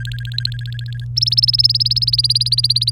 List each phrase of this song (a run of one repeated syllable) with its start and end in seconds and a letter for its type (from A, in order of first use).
0.00-1.05 A, 1.16-2.90 B